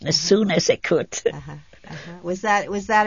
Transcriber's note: laughs